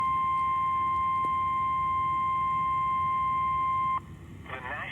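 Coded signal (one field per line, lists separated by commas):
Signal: Emergency Alert System (SAME) tones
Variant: 1050 Hz attention tone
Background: speech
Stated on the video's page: Severe thunderstorm warning SAME tones from an online NOAA Weather Radio stream.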